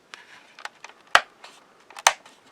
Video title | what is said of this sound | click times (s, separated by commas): Pack 105 Build the Enterprise D Book 27 Satisfying End Step! Star Trek Model by FanHome | Like that. Pops into place. Nice. | 1.2 s, 2.1 s